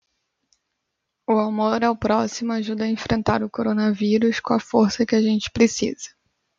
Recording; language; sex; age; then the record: spoken sentence; Brazilian Portuguese; female; 20 to 29 years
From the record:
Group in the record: control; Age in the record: 29 years